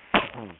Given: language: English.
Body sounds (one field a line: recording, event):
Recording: throat vibration sensor signal played as sound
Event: cough